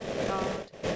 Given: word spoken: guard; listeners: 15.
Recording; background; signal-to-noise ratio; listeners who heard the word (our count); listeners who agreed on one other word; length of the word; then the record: one English word in noise, from a listening test; noise modulated by three-talker babble; -4.8 dB; 4 of 15; 7 of 15; 0.56 s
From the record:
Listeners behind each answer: 7, 4, 1, 1, 1, 1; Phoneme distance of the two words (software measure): 10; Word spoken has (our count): 1 syllable, 3 phonemes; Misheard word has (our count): 1 syllable, 3 phonemes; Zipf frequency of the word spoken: 4.33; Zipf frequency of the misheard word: 4.89